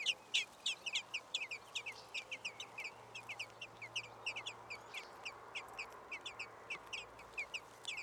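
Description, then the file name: Common blackbird uttering a long, rapid run of sharp, high chinking notes, loudest at the start, with steady low background noise. "Turdus merula"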